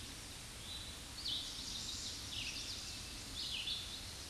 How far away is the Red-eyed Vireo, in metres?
about 35 m